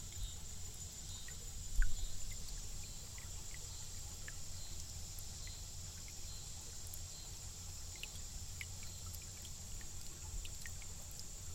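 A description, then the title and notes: A spring burbles steadily with faint scattered drips and trickles, over a constant low hum and a thin high whine, with one brief knock near two seconds. Crystal Spring source in Bentonville. During wet seasons, the spring is more active and its burbling sound soothes the ear. Recorded by Neal Johnson.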